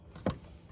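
A wiring harness plug is pushed onto the mass airflow sensor of a 5.3 V8 in a 2008 GMC Yukon XLT. A faint tap at 0.2 s is followed by a sharp click at 0.3 s as the connector seats.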